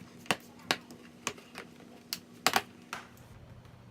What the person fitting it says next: all the snaps snap back in.